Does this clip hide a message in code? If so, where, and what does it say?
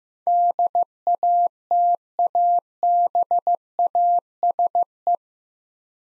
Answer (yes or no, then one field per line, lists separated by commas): yes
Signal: Morse code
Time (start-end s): 0.3-5.2 s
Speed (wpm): 15 wpm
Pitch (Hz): 700 Hz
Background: none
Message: DATABASE